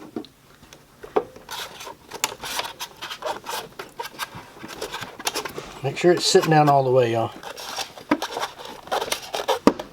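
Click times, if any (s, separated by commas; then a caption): 9.7 s. A high-temp door gasket is pressed into the door channel of a Red Box smoker at the corner while someone talks, with soft pressing and scraping sounds throughout. The gasket corner pops into place in the channel with a sharp click at 9.7 s, seated.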